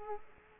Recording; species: mosquito wingbeat signal from an infrared sensor; Culex quinquefasciatus